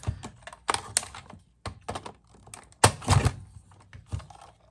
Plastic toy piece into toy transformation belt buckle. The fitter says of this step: Yeah, now I can tell this thing is not clicking in fully,